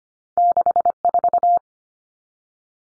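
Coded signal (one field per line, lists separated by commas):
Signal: Morse code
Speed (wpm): 25 wpm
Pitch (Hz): 700 Hz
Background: none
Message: 64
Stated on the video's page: Two-digit numbers at 25wpm for head-copy practice, each sent in Morse, then spoken, then sent again.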